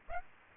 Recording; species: mosquito wingbeat signal from an infrared sensor; Aedes aegypti